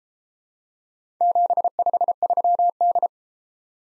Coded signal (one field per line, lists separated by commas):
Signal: Morse code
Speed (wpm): 34 wpm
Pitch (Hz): 700 Hz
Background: none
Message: 753D